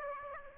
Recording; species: mosquito wingbeat signal from an infrared sensor; Aedes aegypti